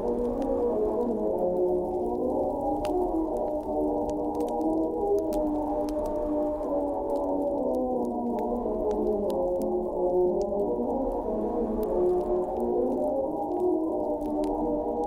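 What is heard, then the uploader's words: Fire crackling with sharp, bright pops scattered irregularly throughout, a few every second. Underneath, muffled old music plays steadily as if from another room, its melody dull and low, with a soft rumble beneath it all. Oldies playing in another room, Cozy Winter Nights.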